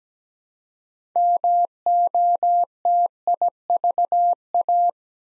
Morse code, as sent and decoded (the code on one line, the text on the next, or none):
-- --- - .. ...- .-
MOTIVA